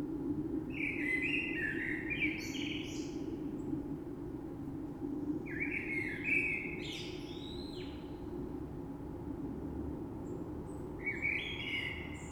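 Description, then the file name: Common blackbird singing fluted phrases spaced several seconds apart, with scratchy high twitters, against a steady low hum. Recorded 3 March 2020. "Rush Merle"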